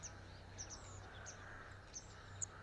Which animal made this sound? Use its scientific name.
Turdus philomelos